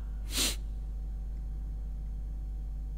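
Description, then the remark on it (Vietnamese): A single short, harsh cough bursts out once early on, breathy and explosive, followed by quiet with only a low steady hum underneath. “Vẫn ho lắm, vẫn ho lắm, Hoa Đăng Lệ Phật, vẫn ho lắm.”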